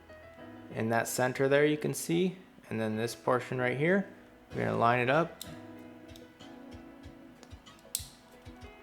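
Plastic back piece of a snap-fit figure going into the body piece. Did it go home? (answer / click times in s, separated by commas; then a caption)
yes / 8.0 s. Someone talks while lining up the plastic back piece of a snap-fit figure model with its centre body piece and pressing them together, with faint handling ticks near 6.2 and 7.4 seconds. At 8.0 seconds the plastic snaps home with a sharp, loud click, and the pieces are seated with a good snap.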